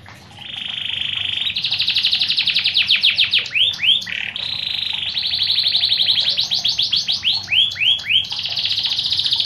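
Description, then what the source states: Lovebird calling in shrill, buzzy trills alternating with rapid strings of rising and falling squeaks, loud almost throughout. Lovebird calls used as a lure to attract birds.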